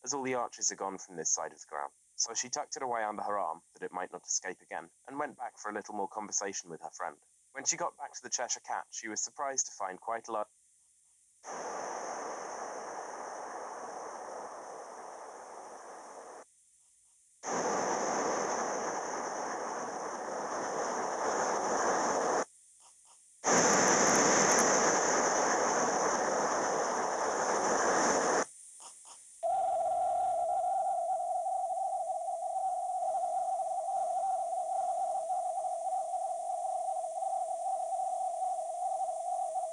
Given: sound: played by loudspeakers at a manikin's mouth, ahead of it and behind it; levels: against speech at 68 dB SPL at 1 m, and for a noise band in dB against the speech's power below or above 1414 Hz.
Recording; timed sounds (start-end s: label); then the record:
test signals for a remote microphone
0.00-10.42 s: man speaking
11.42-16.42 s: speech-spectrum noise, -10 dB
17.42-22.42 s: speech-spectrum noise, 0 dB
23.42-28.42 s: speech-spectrum noise, +10 dB
29.42-39.73 s: noise band at 707 Hz, as loud as that band is in speech
From the record:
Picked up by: remote microphone C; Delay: 23 ms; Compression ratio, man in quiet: 1.79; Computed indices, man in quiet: SII 0.993, HASPI 0.992, HASQI 0.254 (non-linear 0.305, linear 0.832), ESTOI 0.734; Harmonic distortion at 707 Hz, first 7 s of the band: under -32 dB